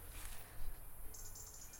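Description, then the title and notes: Cricket song, a high, rapidly pulsed trill entering partway through and continuing to the end, over a background of low rumbling noise. Crickets singing at night in August in a vegetable garden in Ariège, France, while the garden is being watered. "en Ariège, comme tous les soirs Cécile arrose son potager. les grillons chantent"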